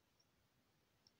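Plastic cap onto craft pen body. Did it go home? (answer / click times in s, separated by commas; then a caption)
no / none. A plastic cap is handled against the side of a craft marker/eraser-type pen body during unboxing, giving a few faint, short ticks over a low, steady background hum. The clip ends before the cap clips on, and nothing has seated or clicked yet.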